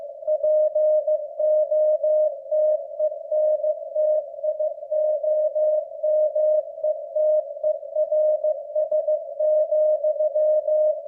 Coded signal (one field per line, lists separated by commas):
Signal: Morse code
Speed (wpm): 15 wpm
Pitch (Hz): 610 Hz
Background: none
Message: POTENTIOMETERS,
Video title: W1AW 15 WPM MORSE CODE PRACTICE - with captions